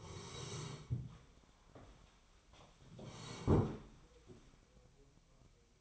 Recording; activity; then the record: daily activity, microphone in the room; sit down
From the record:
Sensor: 1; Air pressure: 1015.2 hPa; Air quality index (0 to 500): 196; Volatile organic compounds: 22 ppm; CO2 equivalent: 2744 ppm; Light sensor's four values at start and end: 12/29/12/13 and 12/30/12/13